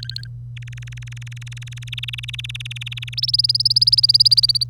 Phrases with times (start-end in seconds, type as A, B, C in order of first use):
0.00-0.27 A, 0.56-3.14 B, 3.17-4.64 C